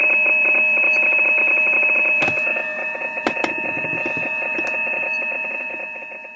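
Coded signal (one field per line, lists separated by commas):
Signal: PSK31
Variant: overdriven, splattering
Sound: harsh warbling tone near 2.6 kHz with rapid clicks and buzzy splatter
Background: radio static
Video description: .. all the others cant't hear each other no more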